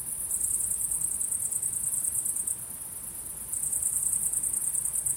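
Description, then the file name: Cricket chirping in rapid high pulses, with a pause of about a second midway before the trill resumes. Recorded at sunset. "syrsor solnedgang"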